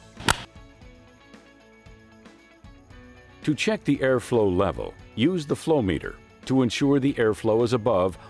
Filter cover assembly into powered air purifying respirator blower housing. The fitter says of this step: then push down on the filter cover until it clicks into position